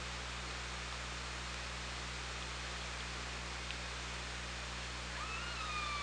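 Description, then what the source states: Orca call near the end: a harmonic tone that rises quickly, then glides slowly downward, over continuous hiss and low hum. Recorded underwater by the OrcaLab hydrophone on 24 August 2017 at 17:00:37.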